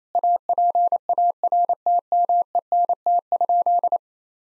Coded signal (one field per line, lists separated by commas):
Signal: Morse code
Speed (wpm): 27 wpm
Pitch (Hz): 700 Hz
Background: none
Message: APARTMENT?